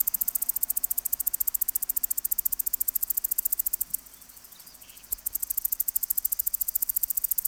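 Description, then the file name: Cicada giving rapid high ticking pulses, falling silent for about a second midway, then resuming the same quick rhythm. "Tettigeta argentata"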